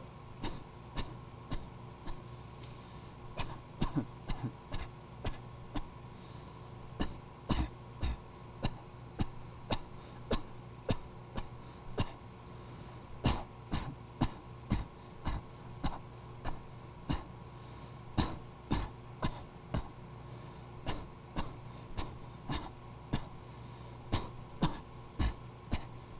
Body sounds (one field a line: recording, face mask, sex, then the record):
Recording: voluntary coughing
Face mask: surgical mask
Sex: male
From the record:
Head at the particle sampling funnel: tilted down, bridge of the nose in front of it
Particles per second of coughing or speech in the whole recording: 1.15